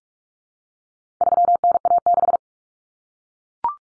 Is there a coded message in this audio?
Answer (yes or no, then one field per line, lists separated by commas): yes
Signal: Morse code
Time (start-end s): 1.2-2.4 s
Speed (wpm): 44 wpm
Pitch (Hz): 700 Hz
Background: none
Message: 3NA6